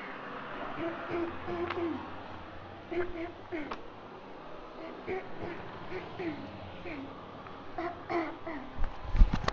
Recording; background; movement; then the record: throat clearing; traffic; walking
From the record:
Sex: female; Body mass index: 18.8 kg/m2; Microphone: on the chest, facing outward